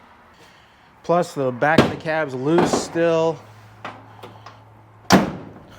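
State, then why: Seated. Someone talks while the door of a Dentside Ford pickup, refitted to its cab after rocker repair and with the back of the cab still loose, is swung shut. There are a couple of faint knocks at 3.9 and 4.5 seconds. At 5.1 seconds the door latch catches the striker on the first try with a loud, sharp latch sound.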